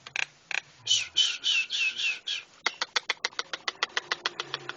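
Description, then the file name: Javan myna song: harsh rasping bursts followed by a fast series of sharp clicking notes repeated several times per second, with a faint low hum behind. Javan myna (jalak kebo, white-eyed form) masteran song, used to tutor cage birds. "masteran jalak kebo mata putih"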